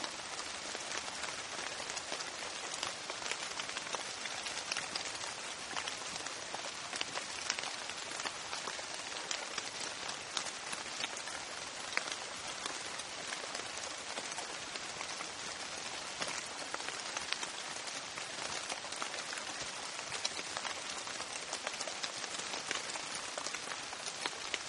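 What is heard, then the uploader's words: Heavy rain falls steadily for the whole stretch, a dense, bright pattering made of countless drops striking a surface. The downpour never lets up or changes in strength, and the low end stays quiet, with no rumble breaking through. Picture the relentless downpour outside.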